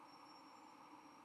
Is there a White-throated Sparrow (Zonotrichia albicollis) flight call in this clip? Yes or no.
no